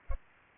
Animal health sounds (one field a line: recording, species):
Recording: mosquito wingbeat signal from an infrared sensor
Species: Culex pipiens